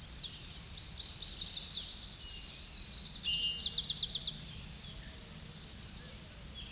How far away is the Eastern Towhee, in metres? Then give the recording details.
about 15 m. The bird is about 5 m above the microphone. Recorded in a Pennsylvania forest on 16 May 2024 at 07:38. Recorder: AudioMoth, point MSD-2257. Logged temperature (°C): 16.0 °C. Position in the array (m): 181 m, 181 m